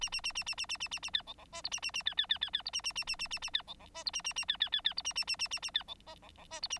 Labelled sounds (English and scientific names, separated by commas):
Bengalese Finch (Lonchura striata domestica) song